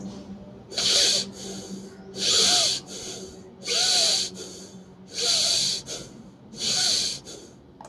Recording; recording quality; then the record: shallow breathing; excellent, no background noise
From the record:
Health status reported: healthy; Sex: male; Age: 53 years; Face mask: not worn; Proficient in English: yes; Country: India